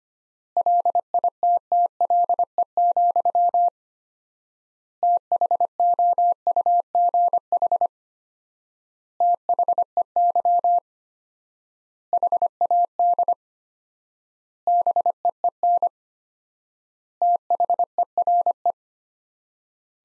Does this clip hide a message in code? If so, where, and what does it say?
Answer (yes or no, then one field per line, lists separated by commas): yes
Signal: Morse code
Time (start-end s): 0.6-18.7 s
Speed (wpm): 25 wpm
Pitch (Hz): 700 Hz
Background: none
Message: LITTLE, THOUGH THEY HAD BEEN THERE